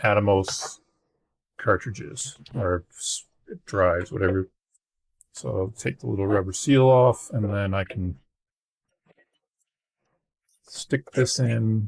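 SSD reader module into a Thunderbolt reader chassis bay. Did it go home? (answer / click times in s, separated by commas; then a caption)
no / none. Someone talks while taking the little rubber seal off a BLACKJET DX-1AT Atomos SSD reader module and lining it up by hand with a bay in a BLACKJET TX-2DS Thunderbolt reader chassis, with brief faint handling ticks in a pause in the talk. The module has not seated or clicked into the bay yet.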